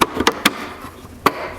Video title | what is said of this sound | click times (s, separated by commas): 2011-2017 Jeep Grand Cherokee 3rd brake light assembly removal | and usually about the time it sits flushy here it snaping the place | 1.3 s